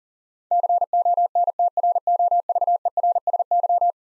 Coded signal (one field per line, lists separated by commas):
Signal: Morse code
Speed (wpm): 40 wpm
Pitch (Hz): 700 Hz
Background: none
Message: CONTROVERSY